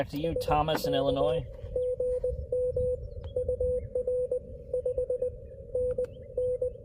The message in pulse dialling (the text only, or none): none